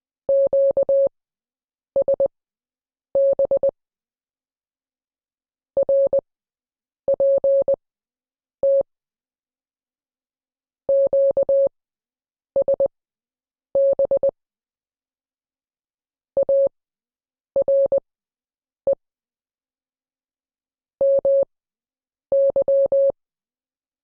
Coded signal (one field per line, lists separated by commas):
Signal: Morse code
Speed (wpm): 20 wpm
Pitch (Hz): 550 Hz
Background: none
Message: QSB RPT QSB ARE MY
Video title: Morse Code Class 08